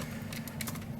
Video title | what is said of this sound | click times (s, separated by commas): Dna designs Transformers Decepticon Devastator upgrade kit review comparison to Perfect Effect kit | it doesn't tap in very well I think the post on this side is a bit too thick yeah | none